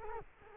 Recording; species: mosquito wingbeat signal from an infrared sensor; Culex quinquefasciatus